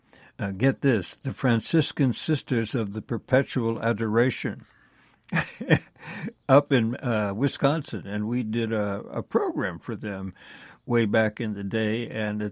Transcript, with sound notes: get this, The Franciscan Sisters of The Perpetual Adoration, (laughs) up in, uh, Wisconsin, and we did a, a program for them way back in the day,